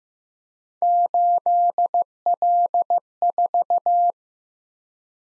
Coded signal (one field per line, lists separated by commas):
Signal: Morse code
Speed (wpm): 15 wpm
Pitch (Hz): 700 Hz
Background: none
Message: 8L4